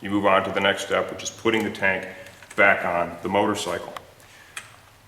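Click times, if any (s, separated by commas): 4.6 s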